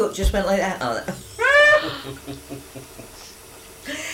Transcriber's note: general laughter